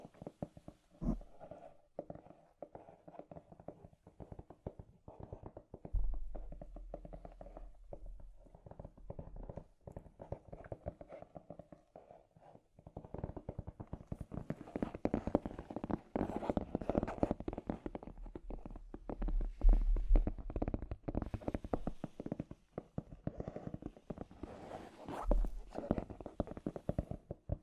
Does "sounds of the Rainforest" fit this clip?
no